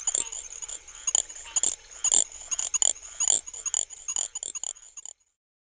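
Little grass frog chirps: rapid, high, thin squeaky notes, some overlapping, several per second, then stopping abruptly before the end.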